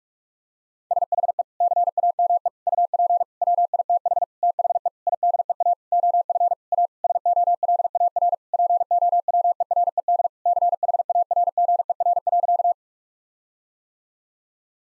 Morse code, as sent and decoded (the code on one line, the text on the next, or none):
... .... . / -.-. .- -- . / ..- .--. / .-- .. - .... / - .... . / .. -.. . .- / --- ..-. / .- / ... --- .-.. .- .-. / .--. --- .-- . .-. . -.. / -.-. .... .- .-. --. . .-. .-.-.-
SHE CAME UP WITH THE IDEA OF A SOLAR POWERED CHARGER.